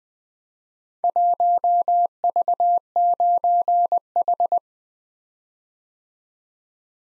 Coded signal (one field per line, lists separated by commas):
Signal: Morse code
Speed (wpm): 20 wpm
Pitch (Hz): 700 Hz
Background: none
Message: 1V9H